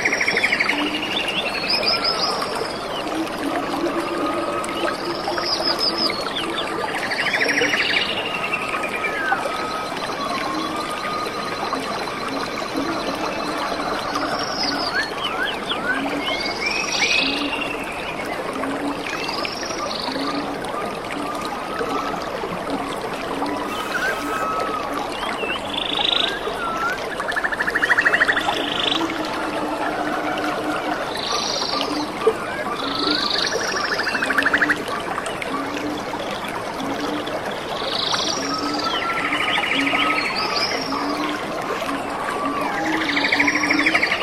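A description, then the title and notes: A dense rainforest chorus holds a steady level throughout, with frogs or insects pulsing low in a regular rhythm. Brighter chirping calls rise above it every few seconds, and faint high trills and clicks fill the background. The rainforest.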